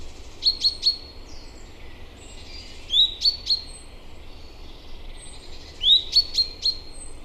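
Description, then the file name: Common chaffinch giving quick bright chirps in three groups of three or four notes, spaced roughly every two to three seconds, over steady low background noise. "Fringilla coelebs"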